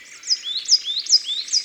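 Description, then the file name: Coal tit calling with quick, high, thin notes that sweep upward, repeated several times in under two seconds. "Mesange noire"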